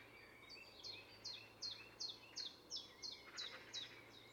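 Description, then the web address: European robin series of short downslurred high notes repeated steadily, roughly three per second, against noticeable background noise. "SETE data Erithacus rubecula"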